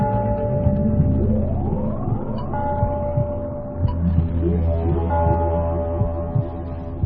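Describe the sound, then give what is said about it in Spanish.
A dark, droning ambient soundscape inspired by the dead village of Ochate, of low sustained tones and slowly bending pitches, with a bell tolling a few times at spaced intervals, each strike ringing out and lingering. “Esa campana de Ochate, dicen que hubo una campana que se robó, esas voces que salían, Carmen, como susurros.”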